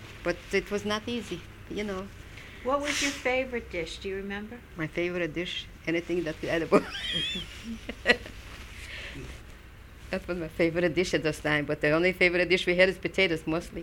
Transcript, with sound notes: But it was not easy, you know.
What was your favorite dish, do you remember?
My favorite dish? Anything that's edible. (she laughs) That was my favorite dish at this time, but the only favorite dish we had was potatoes mostly.